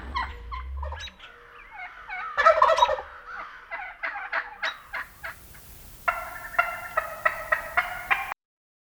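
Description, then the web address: Wild Turkey calls, mixed throaty notes and a loud rattling gobble, ending with a steady series of clear repeated yelps. "Current November 2007 Turkey"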